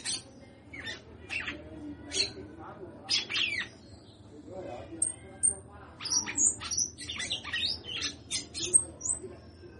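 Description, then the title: Red-cowled cardinal song of short, sharp chirps and high whistled slurs in irregular bursts, with thin piping notes near the end and a faint low hum beneath. Female bird, singing a lot. "Canto Galo Campina Fêmea. Fêmea de Galo de campina cantando muito"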